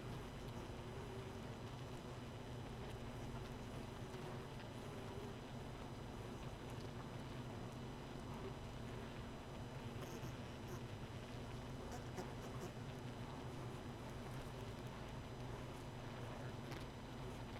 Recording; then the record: honeybee colony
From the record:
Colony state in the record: missing queen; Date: 31 May 2018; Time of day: 0:02